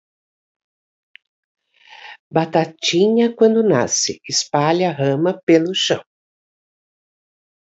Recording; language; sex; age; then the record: short text; Brazilian Portuguese; female; 60 to 69 years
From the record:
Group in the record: control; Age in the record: 60 years